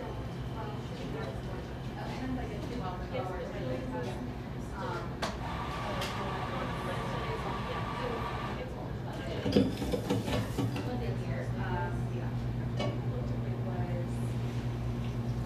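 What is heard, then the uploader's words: A buzzing coffee shop with many voices talking at once in a steady, dense murmur. A low hum runs underneath throughout, and around ten seconds a brief clatter and hiss cut through before the chatter carries on. A buzzing coffee shop.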